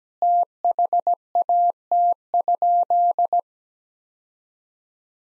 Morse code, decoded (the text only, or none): THAT?